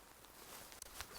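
A Leki Makalu FX Carbon folding trekking pole has its sections aligned and its second section pulled out, producing faint handling noises with brief light ticks and rattles. Nothing has seated or clicked yet: the clip ends just before the internal metal locking pin clicks into place to fully lock the pole.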